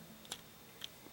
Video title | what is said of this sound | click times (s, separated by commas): HGUC Silver Bullet REVIEW (Gundam Unicorn) | and there's a nice little click and now they're on | 0.3 s, 0.8 s